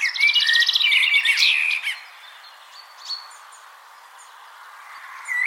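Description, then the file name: Common blackbird song: a dense burst of rapid squeaky twitters and whistles for two seconds, then quiet with faint chirps, ending on a new whistled note. "Turdus merula"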